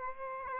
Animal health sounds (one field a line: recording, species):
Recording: mosquito wingbeat signal from an infrared sensor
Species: Aedes aegypti